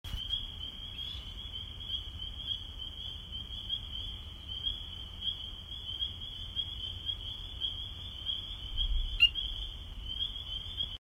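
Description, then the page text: Spring peeper chorus: a steady, shrill high-pitched band lasting throughout, over a low background rumble, with a brief click near nine seconds. Recorded in Maryland. "Spring Peeper by mr_reptile via iNaturalist"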